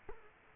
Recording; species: mosquito wingbeat signal from an infrared sensor; Culex quinquefasciatus